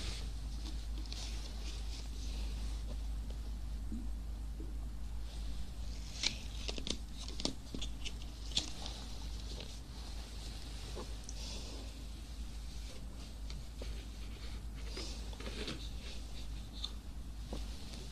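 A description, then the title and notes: An ear massage trigger: soft, continuous rubbing and brushing with a steady low rumble underneath. Bright scratchy crackles and small taps cluster in bursts, busiest around six to nine seconds and again near fifteen to seventeen seconds, over a constant faint hiss. TimASMR - The Most Stimulating Ear Massage Trigger.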